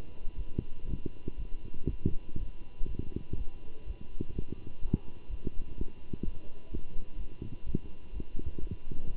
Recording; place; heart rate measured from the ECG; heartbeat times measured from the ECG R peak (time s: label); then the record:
heart sounds by stethoscope; between the tricuspid and mitral areas; 124 bpm
0.37 s: heartbeat
0.87 s: heartbeat
1.37 s: heartbeat
1.88 s: heartbeat
2.38 s: heartbeat
2.87 s: heartbeat
3.36 s: heartbeat
3.85 s: heartbeat
4.34 s: heartbeat
4.81 s: heartbeat
5.29 s: heartbeat
5.76 s: heartbeat
6.23 s: heartbeat
6.70 s: heartbeat
7.17 s: heartbeat
7.64 s: heartbeat
8.12 s: heartbeat
8.59 s: heartbeat
9.06 s: heartbeat
From the record:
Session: Bruce protocol treadmill stress test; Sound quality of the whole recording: good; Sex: male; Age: 23 years